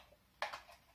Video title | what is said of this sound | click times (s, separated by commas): Impression 3D d'un circuit pour petites voitures | La porte qui vient se clipser dans le stand avec un système de petites accroches ici, hop, clac clac, | 0.4 s